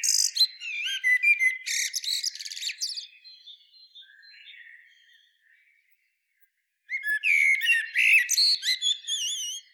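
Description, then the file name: Common blackbird giving dense bursts of high, squeaky twittering notes, a quiet softer warble between, then a gap before another loud twittering burst near the end. "Turdus merula"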